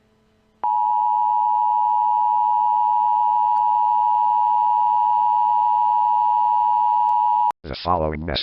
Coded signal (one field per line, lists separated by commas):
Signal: Emergency Alert System (SAME) tones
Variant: 853 and 960 Hz attention tone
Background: speech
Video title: EAS Scenario: The High School Massacre